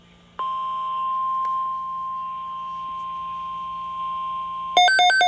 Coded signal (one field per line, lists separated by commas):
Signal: Emergency Alert System (SAME) tones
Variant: 1050 Hz attention tone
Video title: EAS Severe Thunderstorm Watch #375 WXL40 EAS#78